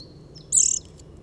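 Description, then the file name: Eurasian nuthatch giving a single short, very high-pitched call with a slightly trilled edge, over a low steady background hum. "Sitta europaea"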